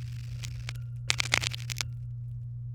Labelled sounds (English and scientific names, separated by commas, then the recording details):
Domestic Canary (Serinus canaria) song
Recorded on 23 April 2018 at 17:54
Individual llb3